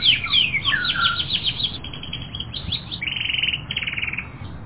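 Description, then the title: Canary singing varied phrases: sweeping whistles and quick chirps, then a rapid rolling trill repeated in pulses near the end, with a low hum beneath. "kenarijos"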